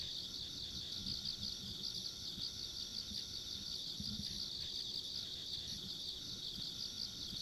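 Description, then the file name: Insect chorus keeps up a continuous high, shimmering buzz without a break, with low rumbling noise underneath. Ambient insect sounds along a rural country road. "田舎道の虫の環境音"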